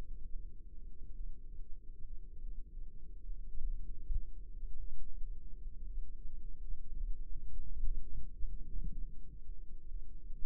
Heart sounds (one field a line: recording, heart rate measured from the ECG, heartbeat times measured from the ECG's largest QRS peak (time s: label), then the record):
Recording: heart sounds by microphone in the left ear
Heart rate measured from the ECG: 55 bpm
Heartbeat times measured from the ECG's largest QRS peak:
1.14 s: heartbeat
2.42 s: heartbeat
3.58 s: heartbeat
4.76 s: heartbeat
5.87 s: heartbeat
7.00 s: heartbeat
8.04 s: heartbeat
8.88 s: heartbeat
9.88 s: heartbeat
From the record:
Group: healthy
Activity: rest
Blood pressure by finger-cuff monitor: 107/65 mmHg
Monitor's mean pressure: 82 mmHg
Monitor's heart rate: 52 bpm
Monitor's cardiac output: 4.7 L/min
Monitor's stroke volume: 95 mL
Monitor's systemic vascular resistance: 1250 dyn s/cm5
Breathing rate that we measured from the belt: 24 breaths a minute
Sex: female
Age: 28 years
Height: 170 cm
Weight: 77 kg